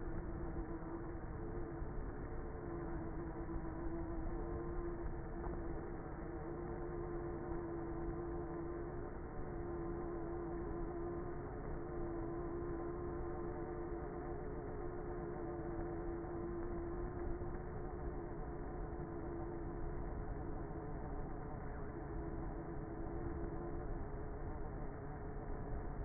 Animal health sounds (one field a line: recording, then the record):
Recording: honeybee colony, microphone inside the hive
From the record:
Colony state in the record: queenless with a low population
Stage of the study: before two queens were removed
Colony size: about 30,000 bees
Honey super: no